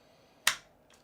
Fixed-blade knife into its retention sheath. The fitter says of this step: Yeah, it's good positive click.